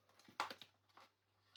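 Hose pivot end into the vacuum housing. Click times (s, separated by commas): 0.4 s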